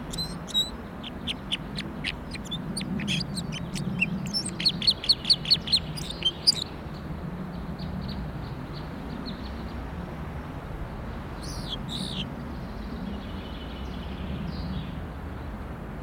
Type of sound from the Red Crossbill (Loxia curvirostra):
song